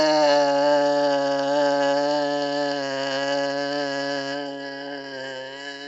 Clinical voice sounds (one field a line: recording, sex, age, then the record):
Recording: sustained vowel /a/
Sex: male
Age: 60 to 69 years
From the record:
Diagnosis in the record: amyotrophic lateral sclerosis, bulbar onset 28 months earlier, bulbar signs present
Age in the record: 67 years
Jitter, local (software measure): 0.32%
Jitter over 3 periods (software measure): 0.14%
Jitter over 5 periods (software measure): 0.20%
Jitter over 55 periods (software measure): 0.92%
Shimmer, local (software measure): 6.0%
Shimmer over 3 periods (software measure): 3.2%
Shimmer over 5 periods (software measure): 3.8%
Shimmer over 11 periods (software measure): 5.7%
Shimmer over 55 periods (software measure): 10.1%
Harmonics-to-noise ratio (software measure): 5.6 dB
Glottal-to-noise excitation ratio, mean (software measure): 0.92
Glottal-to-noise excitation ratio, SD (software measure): 0.034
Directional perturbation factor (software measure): 58.5%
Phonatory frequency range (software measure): 0.26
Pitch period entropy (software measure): 0.95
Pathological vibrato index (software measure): 0.50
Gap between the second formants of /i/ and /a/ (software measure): 833 Hz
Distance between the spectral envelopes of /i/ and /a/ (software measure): 4.8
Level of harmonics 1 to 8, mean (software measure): -30.7, -16.3, -21.0, -10.5, -18.1, -22.1, -27.6, -33.0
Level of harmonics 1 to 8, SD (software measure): 4.1, 5.4, 3.3, 7.4, 5.8, 9.8, 3.7, 7.9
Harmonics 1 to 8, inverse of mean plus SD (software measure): 0.029, 0.046, 0.041, 0.056, 0.042, 0.031, 0.032, 0.024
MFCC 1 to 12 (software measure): -7.5, -8.3, -12.4, -11.5, -8.6, 1.7, -0.3, -18.3, 6.9, -8.7, -3.5, 1.8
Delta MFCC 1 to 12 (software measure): -0.002, 0.013, 0.009, -0.012, -0.019, 0.016, -0.014, -0.002, 0.011, 0.010, 0.002, -0.012